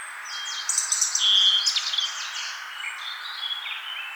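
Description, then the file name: European robin song: a dense, high twittering phrase with a clear whistled note, then quieter warbled notes trailing off over a steady background hiss. "Erithacus rubecula"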